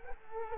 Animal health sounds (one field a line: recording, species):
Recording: mosquito wingbeat signal from an infrared sensor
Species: Culex quinquefasciatus